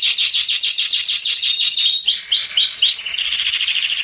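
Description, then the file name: Canary song: a fast, rattling high trill, then several slurred whistled notes, ending in a steady high buzzy trill. "Canary Voice"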